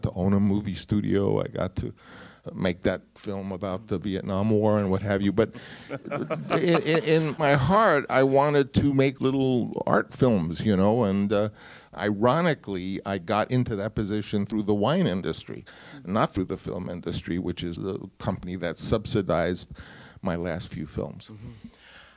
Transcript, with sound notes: I got to own a movie studio. I got to make that film about the Vietnam War and what have you.
(SOUNDBITE OF LAUGHTER)
But in my heart, I wanted to make little art films, you know. And ironically, I got into that position through the wine industry, not through the film industry, which is the company that subsidized my last few films.